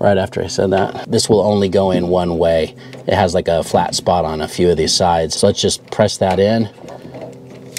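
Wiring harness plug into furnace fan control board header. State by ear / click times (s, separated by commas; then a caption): not seated / none. Someone talks while lining up a keyed multi-pin wiring harness plug with the header on a new furnace blower fan control board, which is being installed to replace the old board because the HVAC indoor blower fan won't turn on. The plug is being pressed toward the header, but nothing has seated or clicked yet when the clip ends.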